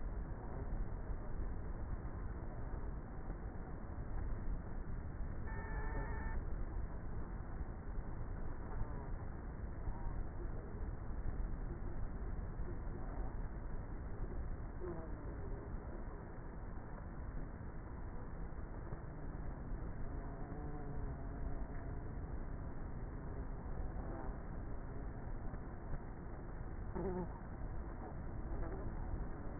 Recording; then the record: honeybee colony, microphone inside the hive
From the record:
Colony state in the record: queenless with a low population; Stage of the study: before two queens were removed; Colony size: about 30,000 bees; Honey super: no